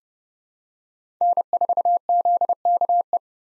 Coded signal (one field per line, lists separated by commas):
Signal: Morse code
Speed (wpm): 30 wpm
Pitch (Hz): 700 Hz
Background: none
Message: N4ZKE